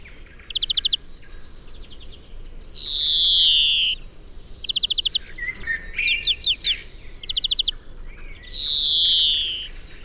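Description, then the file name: European greenfinch song with short fast twitters and scattered chirps between two drawn-out nasal wheezes that fall in pitch, about six seconds apart. "Chloris chloris"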